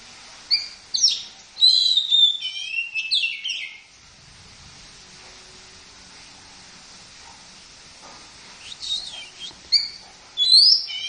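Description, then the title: Oriental magpie-robin song phrases of clear whistles and chattery notes at the start and end, separated by a pause with steady hiss in the background. "Kicau Kacer"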